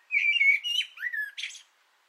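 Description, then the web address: Common blackbird singing one smooth, mellow whistled phrase that dips in pitch before a harsh, high squeaky ending. Sung from an antenna, 6 June 2025. "sammel Naturinspelningar Koltrast på antennen 2025 06 06"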